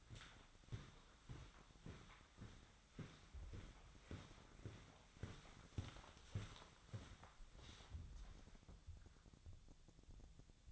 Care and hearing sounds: daily activity, microphone in the room; walk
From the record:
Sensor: 3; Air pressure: 1009.3 hPa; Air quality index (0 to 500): 192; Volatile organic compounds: 4 ppm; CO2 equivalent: 1551 ppm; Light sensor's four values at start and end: 58/148/65/68 and 57/149/65/68

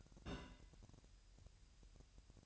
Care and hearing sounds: daily activity, microphone in the room; place on stove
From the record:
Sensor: 2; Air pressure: 1001.8 hPa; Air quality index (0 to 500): 246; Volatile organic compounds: 35 ppm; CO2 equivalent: 3061 ppm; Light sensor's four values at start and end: 5/11/4/5 and 5/11/4/5

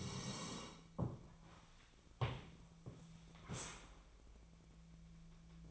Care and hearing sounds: daily activity, microphone in the room; sit down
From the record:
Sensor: 1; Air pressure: 1000.5 hPa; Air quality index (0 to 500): 177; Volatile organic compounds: 4 ppm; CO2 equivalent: 1638 ppm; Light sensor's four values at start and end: 13/31/13/15 and 13/31/13/15

